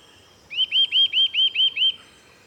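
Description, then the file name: Eurasian nuthatch calling a brisk series of seven ringing, up-and-down whistled notes in steady rhythm over a quiet background. "Sitta europaea"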